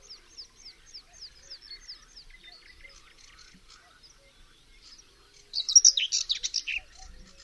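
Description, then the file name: European stonechat song: a faint run of quick, descending high notes, then a sudden loud, scratchy, jumbled phrase near the end. "POKLĄSKWA"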